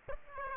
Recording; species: mosquito wingbeat signal from an infrared sensor; Aedes aegypti